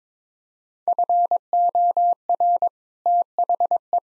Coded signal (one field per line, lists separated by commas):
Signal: Morse code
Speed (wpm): 22 wpm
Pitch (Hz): 700 Hz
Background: none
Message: FOR THE